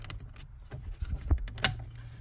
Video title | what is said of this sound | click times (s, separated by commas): How to Install Back Up Camera on Jeep Wrangler JK - #diyProjectsByDave #Jeep #Rubicon #backupcamera | this just snaps back into place. | 1.6 s